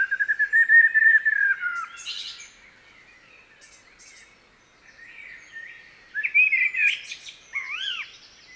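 Common blackbird song opening with a long, smooth fluted phrase, then scratchy high notes, followed later by two shorter whistled phrases with twittery ends.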